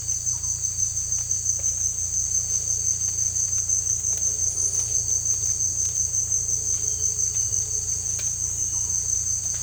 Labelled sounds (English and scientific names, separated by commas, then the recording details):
none
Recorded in secondary vegetation near Puerto Asís, Putumayo, Colombia, on 18 December 2024 at 16:30
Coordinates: 0.484, -76.319
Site GP06